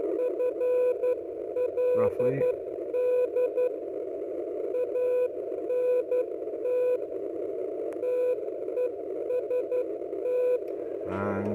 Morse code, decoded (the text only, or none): FLD ANT TEST